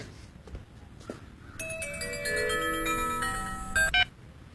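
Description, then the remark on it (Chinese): A phone ringtone plays a bright, melodic electronic tune of stacked high tones for a few seconds, rising in loudness before cutting off, with a low background rumble beneath; a call to Zhang Ting's character in the 2018 film Beijing Happy Times (北京欢乐时光). “张庭接到电话之后立刻拖着打好石膏的腿离开，聂冰见状表示愿意送他前往，原来是有个股民因为股票下跌要跳楼啊。”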